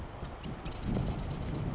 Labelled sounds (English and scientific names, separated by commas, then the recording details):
Marsh Wren (Cistothorus palustris)
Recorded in Sonoma County, California